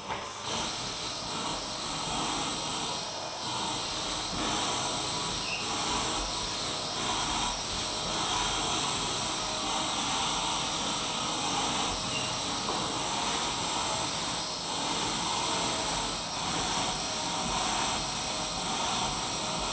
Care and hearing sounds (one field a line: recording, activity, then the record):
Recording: daily activity, microphone in the room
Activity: vacuum cleaning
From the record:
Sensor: 1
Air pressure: 999.3 hPa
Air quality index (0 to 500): 206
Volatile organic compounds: 48 ppm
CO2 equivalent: 3262 ppm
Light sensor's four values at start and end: 8/21/8/9 and 9/22/8/9